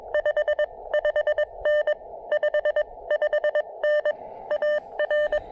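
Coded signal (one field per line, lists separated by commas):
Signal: Morse code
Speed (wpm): 22 wpm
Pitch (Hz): 600 Hz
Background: none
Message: 55N 55N AR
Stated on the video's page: CW POTA activation at 500 milliwatts with Elecraft KX2 and PackTenna random wire; later 20m at 5 watts; QSB noted.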